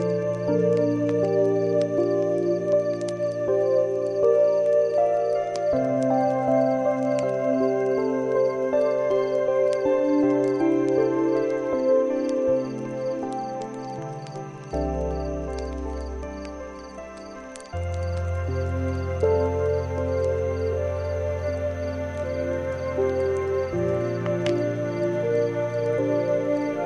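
Slow, soft music of sustained, warm chords that shift every few seconds, with a deep bass dropping lower around the middle before rising again. Faint, sparse crackles tick through the background, and the level stays even throughout.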